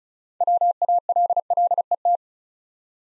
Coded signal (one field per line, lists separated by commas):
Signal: Morse code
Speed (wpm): 36 wpm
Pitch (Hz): 700 Hz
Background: none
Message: WALLET